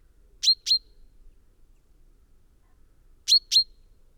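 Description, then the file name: Common chaffinch calls: two clipped metallic notes, silence for nearly three seconds, then another identical pair. "Fringilla coelebs"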